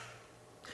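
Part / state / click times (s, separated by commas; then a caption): car hood into its front latch / seated / 0.6 s. The hood of an Aston Martin V8 Vantage is lowered and pressed down by hand, firmly but gently rather than dropped, into its front latch over a steady low background hum. The hood latch clicks shut at 0.7 s, and the hood is seated closed.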